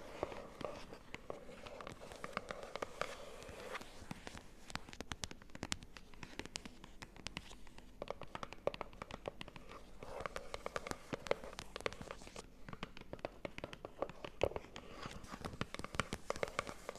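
Cardboard being tapped in a rapid, uneven patter of dry, sharp clicks that keeps going for the whole stretch. The taps come in dense bursts with brief thinner gaps, some landing harder than others, over a faint low hum.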